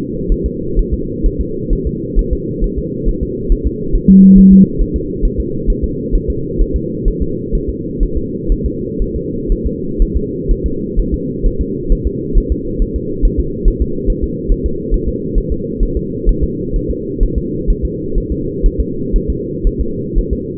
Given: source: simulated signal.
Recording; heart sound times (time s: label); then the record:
fetal heart sounds
0.32 s: S1
0.46 s: S2
0.79 s: S1
0.94 s: S2
1.26 s: S1
1.41 s: S2
1.73 s: S1
1.87 s: S2
2.19 s: S1
2.33 s: S2
2.64 s: S1
2.78 s: S2
3.09 s: S1
3.23 s: S2
3.52 s: S1
3.67 s: S2
3.95 s: S1
4.10 s: S2
4.38 s: S1
4.53 s: S2
4.81 s: S1
4.96 s: S2
5.25 s: S1
5.40 s: S2
5.70 s: S1
5.84 s: S2
6.15 s: S1
6.30 s: S2
6.61 s: S1
6.76 s: S2
7.08 s: S1
7.22 s: S2
7.55 s: S1
7.69 s: S2
8.03 s: S1
8.17 s: S2
8.52 s: S1
8.66 s: S2
9.02 s: S1
9.16 s: S2
9.52 s: S1
9.66 s: S2
10.02 s: S1
10.16 s: S2
10.51 s: S1
10.66 s: S2
10.99 s: S1
11.14 s: S2
11.46 s: S1
11.61 s: S2
11.92 s: S1
12.07 s: S2
12.38 s: S1
12.52 s: S2
12.82 s: S1
12.96 s: S2
13.25 s: S1
13.40 s: S2
13.68 s: S1
13.82 s: S2
14.10 s: S1
14.24 s: S2
14.52 s: S1
14.66 s: S2
14.94 s: S1
15.08 s: S2
15.38 s: S1
15.52 s: S2
15.83 s: S1
15.97 s: S2
16.29 s: S1
16.44 s: S2
16.76 s: S1
16.91 s: S2
17.23 s: S1
17.38 s: S2
17.70 s: S1
17.85 s: S2
18.18 s: S1
18.32 s: S2
18.66 s: S1
18.80 s: S2
19.16 s: S1
19.30 s: S2
19.67 s: S1
19.81 s: S2
20.18 s: S1
20.33 s: S2
From the record:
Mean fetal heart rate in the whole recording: 130 bpm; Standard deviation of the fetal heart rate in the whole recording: 4 bpm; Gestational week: 38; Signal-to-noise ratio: -6.6 dB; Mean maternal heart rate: 72 bpm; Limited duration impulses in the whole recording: present